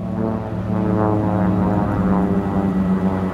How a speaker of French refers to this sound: Le lendemain, nouveau passage de l'avion des secours australiens.